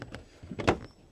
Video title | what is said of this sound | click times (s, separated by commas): 🔥 Just How Easy Is A Service On A BMW X5? 🔥 | You do need to hear that successful click when it snaps shut. Otherwise, you haven't got it in right. Job done. | 0.7 s